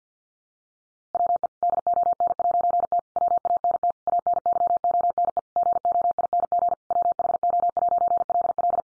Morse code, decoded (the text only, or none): WE DON'T WANT ANYONE GOING WHO'LL